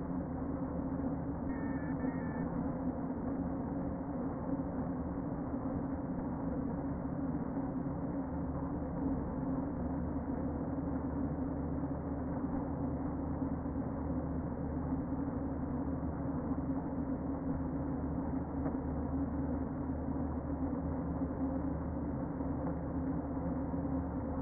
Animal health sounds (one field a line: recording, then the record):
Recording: honeybee colony, microphone inside the hive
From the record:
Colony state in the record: queen present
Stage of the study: before two queens were removed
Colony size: about 60,000 bees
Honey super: yes